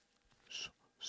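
A sudden hissing burst of air lasting about a fifth of a second, followed by a second short airy blast, close in a quiet room. The sound is a single ordinary sneeze from an adult.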